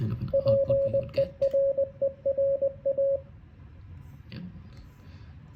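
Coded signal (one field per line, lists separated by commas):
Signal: Morse code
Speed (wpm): 20 wpm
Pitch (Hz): 550 Hz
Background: radio noise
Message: PERERA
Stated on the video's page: Morse code blinked as light by a Particle Argon board, not sounded.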